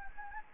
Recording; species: mosquito wingbeat signal from an infrared sensor; Anopheles gambiae